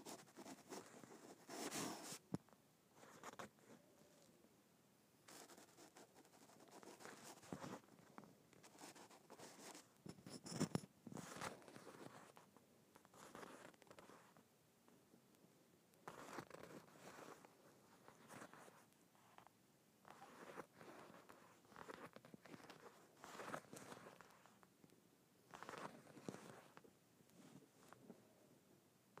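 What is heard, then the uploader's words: Bumpy leather being scratched in bursts of short, rough scrapes, some dense and raspy, with brief quieter gaps between strokes throughout. ASMR Scratching Bumpy Leather.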